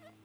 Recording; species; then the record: mosquito flight sound by mobile phone; Aedes sierrensis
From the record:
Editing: cut to the mosquito's sound